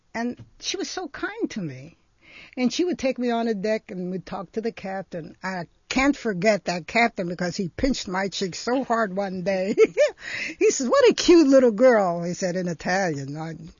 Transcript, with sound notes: And she was so kind to me and she would take me on the deck and we would talk to the captain and I can't forget the captain because he pinched my cheek so hard one day. (she laughs) He says, "What a cute little girl," he said in Italian.